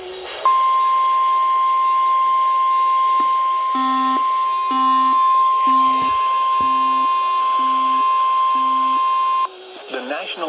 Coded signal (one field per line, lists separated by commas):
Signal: Emergency Alert System (SAME) tones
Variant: 1050 Hz attention tone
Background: speech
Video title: STORMS IN THE NORTH... EAS Alerts from 7/25/22 (EAS #1,095-1,125)